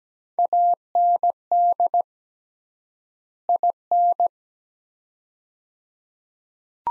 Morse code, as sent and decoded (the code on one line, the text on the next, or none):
.- -. -.. / .. -.
AND IN